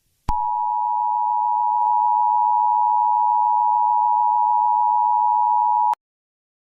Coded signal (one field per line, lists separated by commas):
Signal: Emergency Alert System (SAME) tones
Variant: 853 and 960 Hz attention tone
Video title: EAS #3: World Corruption in US